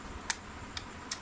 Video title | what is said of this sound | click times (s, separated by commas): Smart stand gun | ये ऐसे lock हो गया। | 0.3 s